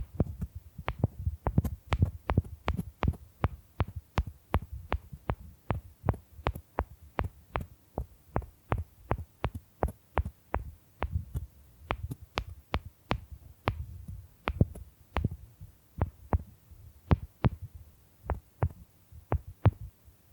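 Bamboo being tapped in a steady, fairly quick run of sharp knocks, about two or three per second, continuing for the whole stretch. Each hit has a crisp click on top and a dull thump underneath, with a low rumble between strikes.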